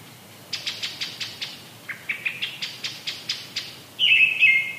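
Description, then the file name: Brown-headed thrush song: a run of quick, dry ticking notes that dip lower midway and climb back, then a short warbled, wavering phrase at the end. "akahara"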